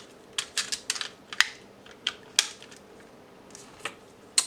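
The horse's rear parts of a plastic transforming toy knight, which has geared joints, are pressed and clipped onto the toy body during its transformation. A series of sharp plastic clicks is heard at 0.4, 0.9, 1.4, 2.1, 2.4 and 4.4 seconds, with fainter ticks in between. The parts snap and seat into place.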